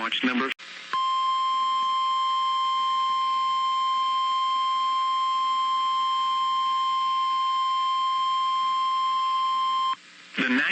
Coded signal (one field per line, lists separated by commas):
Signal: Emergency Alert System (SAME) tones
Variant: 1050 Hz attention tone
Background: speech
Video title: MADNESS TIME! - Severe Weather Statement for TOR & Severe Thunderstorm Warning [EAS #122-#123]